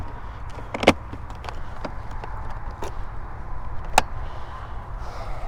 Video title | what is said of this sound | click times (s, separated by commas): Harley-Davidson Pan America Sport Bags Review and 'How To' | right, so this little piece locks in here, these two up here, you slam that down, it's locked into place. | 4.0 s